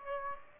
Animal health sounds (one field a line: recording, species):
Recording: mosquito wingbeat signal from an infrared sensor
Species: Aedes aegypti